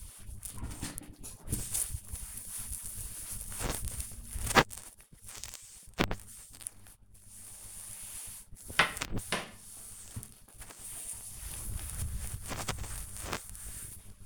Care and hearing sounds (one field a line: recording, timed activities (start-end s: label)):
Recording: household activities, microphone on the right wrist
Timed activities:
0.00-14.26 s: cleaning table